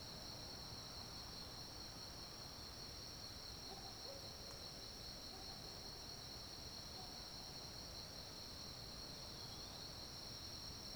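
Recorded from atop a fallen tree, a steady high insect drone runs throughout over a dense low rumble, with a few faint soft calls.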